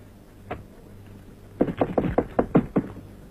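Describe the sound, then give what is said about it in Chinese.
Knocking on a door: one lone knock, a brief pause, then a brisk run of about seven firm, evenly spaced raps, with no voices and only a low steady hum underneath. “我跟你说过多少次了，进来以前先要敲门。”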